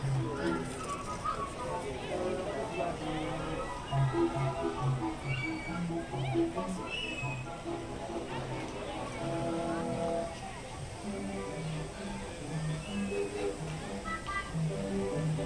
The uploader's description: the sounds/ambience found on both the Mad Tea Party and Alice in Wonderland attractions